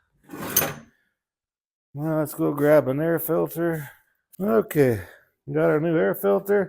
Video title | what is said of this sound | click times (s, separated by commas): Husqvarna HU725AWD Won't Start, Here's How to Fix It (Tune Up) | push down there till it clicks | 0.6 s